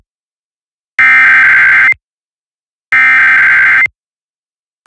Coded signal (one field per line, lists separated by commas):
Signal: Emergency Alert System (SAME) tones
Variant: header bursts